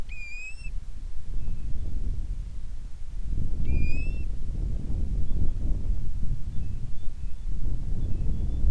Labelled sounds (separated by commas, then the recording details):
bird, wind
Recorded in the Prudhoe Bay oil fields, Alaska, on 10 July 2019 at 10:27
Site 11